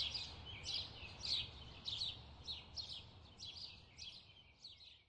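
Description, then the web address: Birds giving bright, sharp chirps in a quick series of separate bursts, each one brief and high, fading slightly toward the end. Bird chirping ambience. "SFXBible animals-birds-chirp-ambience"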